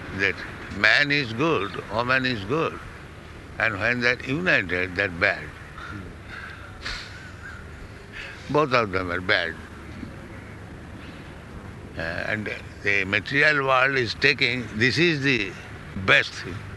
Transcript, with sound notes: that man is good, woman is good, and when they are united, they are bad. [laughs] Both of them are bad. And the material world is taking, "This is the best thing."